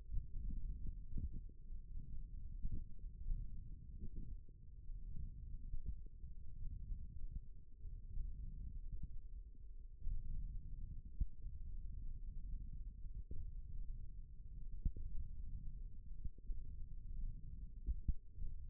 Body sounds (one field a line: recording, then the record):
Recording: forearm muscle sounds (acoustic myography)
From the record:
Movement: thumb flexion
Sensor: system 1, eight BSWA MPA416 microphones around the upper forearm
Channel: 2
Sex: male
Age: 18 years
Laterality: right